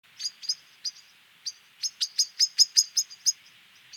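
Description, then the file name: Common blackbird calls: sharp, high chinks in an uneven run that quickens into a faster series of several notes later on. "Turdus merula"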